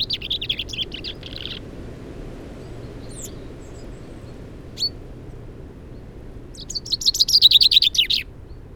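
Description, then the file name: Common chaffinch songs: the tail of one phrase opens, a few isolated chips follow, then a second complete rapid descending trill with a terminal flourish. "Fringilla coelebs"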